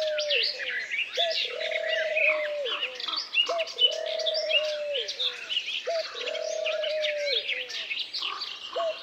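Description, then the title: Birds in full chorus, busy high chirping over a low, level whistled note repeated several times. Many birds singing together in a forest; described as pleasant, carefree many-voiced singing. "Звуки птиц в лесу. pleasant carefree many-voiced singing of birds in the forest"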